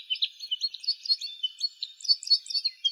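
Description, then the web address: Red crossbill calls: a busy stream of short, high chirps and clipped notes, repeated several times a second throughout. Recorded in Slovenia. "Loxia curvirostra"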